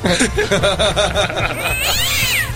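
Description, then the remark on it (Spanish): Cats caterwaul in a loud, wavering chorus of yowls that bend up and down in pitch, then give way to a long, high, sliding wail. “Tanto así como gatos, no.”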